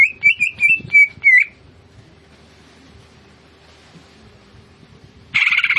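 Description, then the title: Greater green leafbird song: several loud whistled, warbling phrases in quick succession, a quiet stretch with low hum, then a brief harsh buzzy burst at the end. Greater green leafbird singing vigorously (gacor). "Cucak Ijo Gacor"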